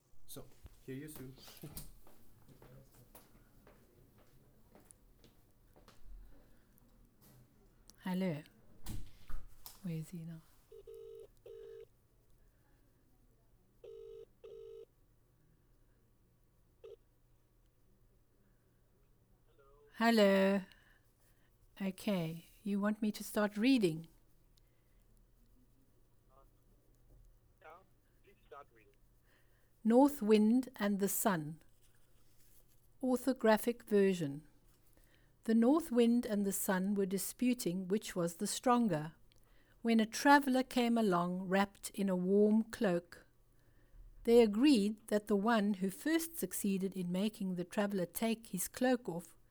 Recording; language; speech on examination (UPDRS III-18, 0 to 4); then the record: text read into a phone; English; 0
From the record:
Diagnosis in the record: Parkinson's disease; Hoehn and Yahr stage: 2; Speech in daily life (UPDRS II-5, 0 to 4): 0